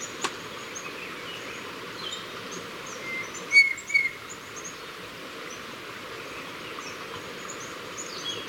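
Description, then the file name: White-bellied antpitta calls: two short, flat whistled notes close together midway, over a steady hiss with faint high chirps. "Grallaria hypoleuca - White-bellied Antpitta"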